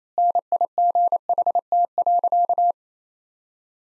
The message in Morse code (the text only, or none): NIGHT.